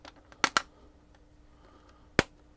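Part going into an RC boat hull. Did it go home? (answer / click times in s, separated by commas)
yes / 2.2 s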